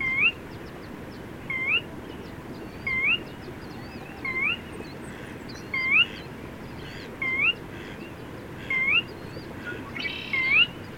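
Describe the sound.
Bird song: a clear, rising whistled slur repeated about every 1.4 seconds, with faint higher chirps and wavering notes behind it, over steady low hiss.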